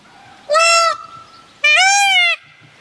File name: pioupiou paon